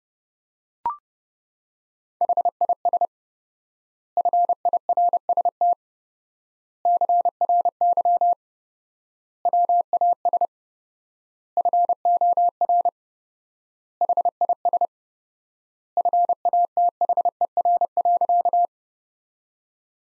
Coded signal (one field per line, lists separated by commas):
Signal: Morse code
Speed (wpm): 32 wpm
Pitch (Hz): 700 Hz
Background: none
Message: HIS FIRST CRY WAS FOR HIS FATHER.